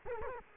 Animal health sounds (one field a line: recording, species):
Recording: mosquito wingbeat signal from an infrared sensor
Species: Culex quinquefasciatus